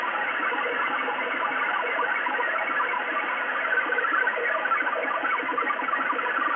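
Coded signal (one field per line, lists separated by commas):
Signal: HF data modem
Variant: XPB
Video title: XPB numbers station Russia 5839 kHz 20200901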